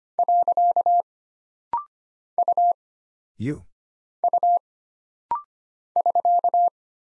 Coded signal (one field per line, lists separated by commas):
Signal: Morse code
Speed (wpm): 25 wpm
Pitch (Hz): 700 Hz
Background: none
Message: . U U <SK>